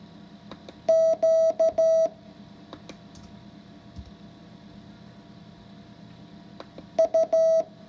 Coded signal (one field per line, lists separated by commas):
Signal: Morse code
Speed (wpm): 13 wpm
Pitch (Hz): 650 Hz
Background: none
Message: Q U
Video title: If I can learn morse code, so can you. Lesson 5 practice.